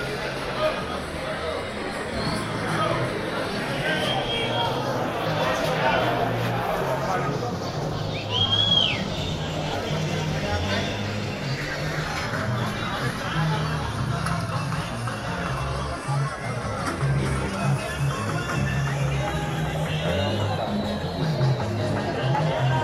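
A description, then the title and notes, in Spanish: A busy public market, full of overlapping voices in a steady crowd babble with no pauses. The murmur stays dense and even throughout, with low rumbling underneath, and around eight seconds a short high whistle-like sound rises and falls above the chatter. Mercado Público de Barranquilla by Kellyn Parra Garcia.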